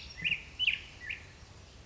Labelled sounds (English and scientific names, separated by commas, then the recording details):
Black-headed Grosbeak (Pheucticus melanocephalus)
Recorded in Sonoma County, California